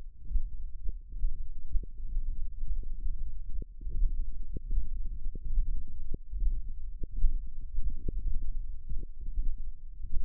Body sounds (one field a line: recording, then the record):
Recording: forearm muscle sounds (acoustic myography)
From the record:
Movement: thumb flexion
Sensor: system 1, eight BSWA MPA416 microphones around the upper forearm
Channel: 8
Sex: male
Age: 42 years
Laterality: right